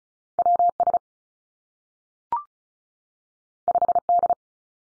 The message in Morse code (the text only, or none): W S 5 D